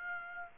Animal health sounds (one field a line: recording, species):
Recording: mosquito wingbeat signal from an infrared sensor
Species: Aedes aegypti